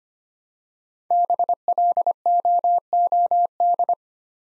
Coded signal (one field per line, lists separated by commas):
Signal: Morse code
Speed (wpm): 25 wpm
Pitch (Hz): 700 Hz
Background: none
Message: BLOOD